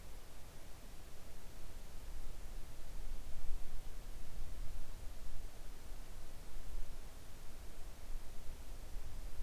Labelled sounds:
near silence
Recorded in the Arctic National Wildlife Refuge, Alaska, on 3 August 2019 at 05:03
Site 41

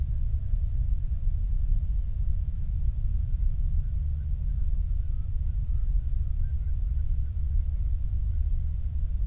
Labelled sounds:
waterfowl, flare stack
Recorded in the Prudhoe Bay oil fields, Alaska, on 8 July 2019 at 06:15
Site 25

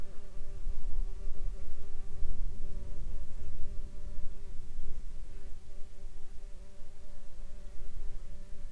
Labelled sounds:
insects
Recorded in the Arctic National Wildlife Refuge, Alaska, on 18 July 2021 at 20:53
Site 37

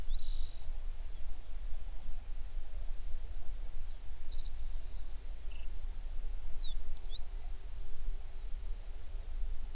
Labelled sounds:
songbird
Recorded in the Prudhoe Bay oil fields, Alaska, on 11 June 2019 at 04:49
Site 21

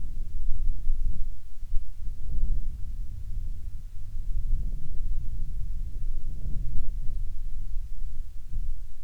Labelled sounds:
wind
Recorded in the Arctic National Wildlife Refuge, Alaska, on 6 August 2019 at 19:11
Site 49

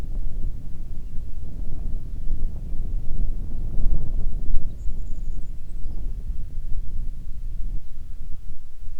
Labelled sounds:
songbird, wind
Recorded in the Arctic National Wildlife Refuge, Alaska, on 1 June 2019 at 19:35
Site 37

